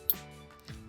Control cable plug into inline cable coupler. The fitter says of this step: Then I'm going to take my coupler, doesn't matter which side, but connecting the control cable into one side until it clicks.